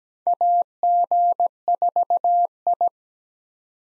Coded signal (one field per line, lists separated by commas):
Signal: Morse code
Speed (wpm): 17 wpm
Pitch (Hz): 700 Hz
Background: none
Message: AG4I